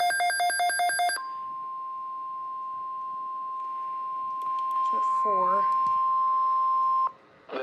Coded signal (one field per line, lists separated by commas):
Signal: Emergency Alert System (SAME) tones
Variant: 1050 Hz attention tone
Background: speech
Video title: Severe Thunderstorm Watch (EAS 66)